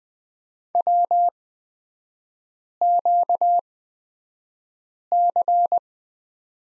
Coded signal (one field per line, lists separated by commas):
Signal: Morse code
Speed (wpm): 20 wpm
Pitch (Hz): 700 Hz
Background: none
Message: WQC